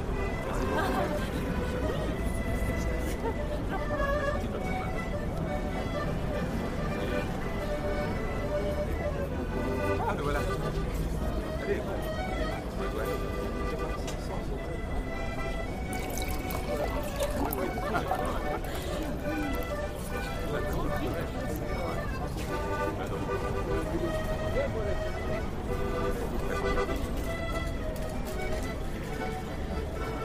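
A Parisian cafe at late night, filled with a steady murmur of many people talking at once. The chatter stays dense and even throughout, with a low rumble underneath and occasional brighter clinks and clatters rising out of the crowd noise.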